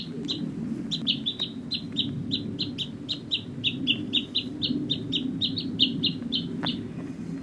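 Japanese bush warbler uttering a steady run of high, sharp, clipped notes, about three a second, over a low droning background.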